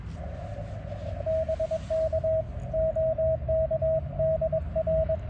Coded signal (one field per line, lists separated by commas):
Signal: Morse code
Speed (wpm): 22 wpm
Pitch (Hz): 640 Hz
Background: radio noise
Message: BK OK DR